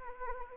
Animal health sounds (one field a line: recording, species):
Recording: mosquito wingbeat signal from an infrared sensor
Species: Anopheles arabiensis